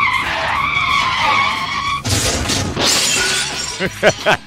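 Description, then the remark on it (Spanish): Tires squeal in a sustained, high screech for about two seconds, then a loud crash of crunching metal and shattering glass follows, with rattling debris and a few short voice-like sounds at the end. “No sé si se dieron galleta o no, pero el caso es que tuvieron que abandonar el coche y los dos cerdos”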